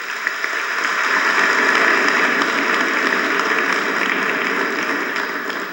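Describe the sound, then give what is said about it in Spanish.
A crowd breaks into sustained applause for Bolivia's Armed Forces, dense clapping that swells quickly and holds steady for several seconds before easing slightly, with no talking over it. “De paso, con Fuerzas Armadas antiimperialistas, un aplauso para nuestras Fuerzas Armadas.”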